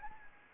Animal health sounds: mosquito wingbeat signal from an infrared sensor; Anopheles gambiae

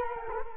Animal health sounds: mosquito wingbeat signal from an infrared sensor; Culex quinquefasciatus

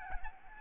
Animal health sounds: mosquito wingbeat signal from an infrared sensor; Aedes albopictus

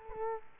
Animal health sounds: mosquito wingbeat signal from an infrared sensor; Culex quinquefasciatus

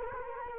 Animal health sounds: mosquito wingbeat signal from an infrared sensor; Culex quinquefasciatus

